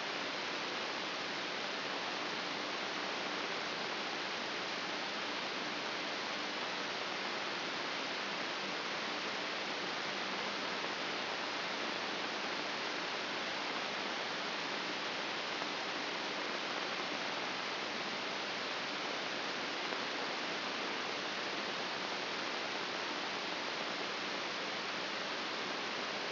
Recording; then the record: brain microelectrode recording played as sound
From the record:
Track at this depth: outside the subthalamic nucleus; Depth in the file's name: 5.816 mm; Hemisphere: left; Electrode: 3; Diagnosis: Parkinson's disease